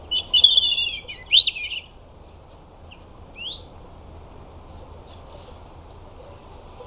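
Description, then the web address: European robin song: two quick high warbled phrases with a sharp rising sweep in the first two seconds, then thin scattered high notes over a quiet background. "Deverinetal 2025 File origin Bird Only Er Ru"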